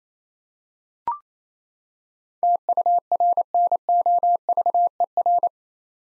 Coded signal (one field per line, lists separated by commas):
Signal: Morse code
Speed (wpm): 28 wpm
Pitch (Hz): 700 Hz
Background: none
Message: TURNOVER